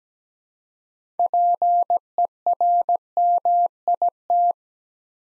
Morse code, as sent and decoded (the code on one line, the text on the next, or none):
.--. . .-. -- .. -
PERMIT